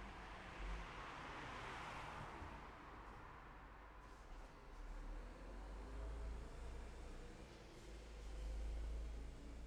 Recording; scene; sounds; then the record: everyday scene through a hearing-aid microphone; in traffic; traffic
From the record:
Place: city secondary road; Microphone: behind the ear, left, front